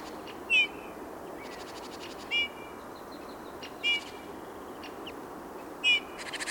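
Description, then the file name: Eurasian bullfinch calls: soft, short whistled notes, each slightly falling, repeated every one and a half to two seconds over a steady background hiss. "Pyrrhula pyrrhula"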